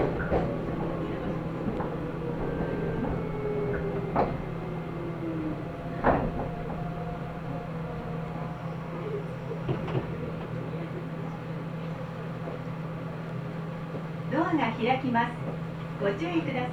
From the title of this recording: Nagoya Railroad Mikawa Line Chiryu to Hekinan